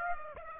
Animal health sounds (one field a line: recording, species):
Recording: mosquito wingbeat signal from an infrared sensor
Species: Aedes aegypti